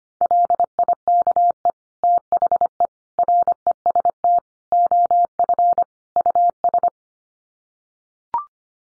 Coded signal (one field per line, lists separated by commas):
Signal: Morse code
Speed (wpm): 25 wpm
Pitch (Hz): 700 Hz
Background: none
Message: LIKE THE REST OF US